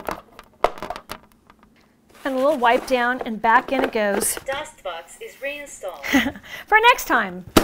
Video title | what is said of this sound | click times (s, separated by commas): BEST ROBOT VACUUM MOP 2022 - Roidmi Eva Robot Vacuum with Dust Bag and Mop | and everything snaps back in place and | 0.6 s